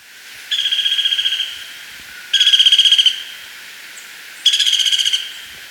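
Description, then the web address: Crimson-mantled woodpecker calling in three buzzy, rapidly pulsed rattles, each lasting about a second and spaced roughly two seconds apart. Recorded in Ecuador. "S America Birds of Ecuador. Crimson-Mantled Woodpecker"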